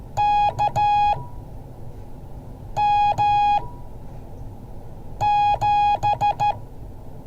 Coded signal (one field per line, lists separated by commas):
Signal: Morse code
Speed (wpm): 13 wpm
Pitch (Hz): 830 Hz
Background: none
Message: KM7